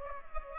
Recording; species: mosquito wingbeat signal from an infrared sensor; Culex pipiens